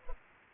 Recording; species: mosquito wingbeat signal from an infrared sensor; Culex pipiens